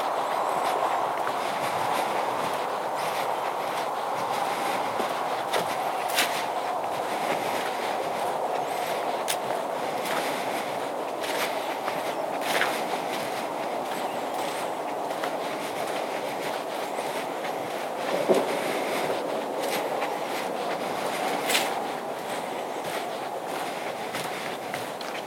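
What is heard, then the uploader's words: A night hike on the Appleton Trail, heard as a steady, dense crunching and rustling that runs the whole time without pause. Short sharp clicks and snaps sprinkle throughout, with a louder knock near 18 seconds and another around 21 seconds. A Night Hike on Appleton Trail. A pitch-black night hike on the Appleton Trail.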